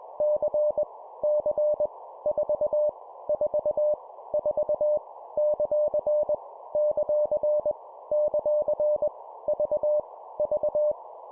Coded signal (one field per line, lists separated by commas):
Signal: Morse code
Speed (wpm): 21 wpm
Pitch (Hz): 600 Hz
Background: none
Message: C C 4 4 4 ; ; ; V V